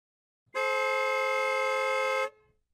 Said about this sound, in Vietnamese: Có tiếng kèn xe tải rất lớn đang lao tới.